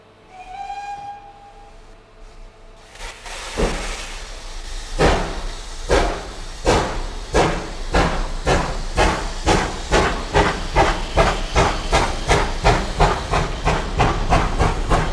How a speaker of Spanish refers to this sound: Vamos a subir al tren que no espera y va a pitar su salida.